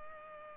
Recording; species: mosquito wingbeat signal from an infrared sensor; Culex pipiens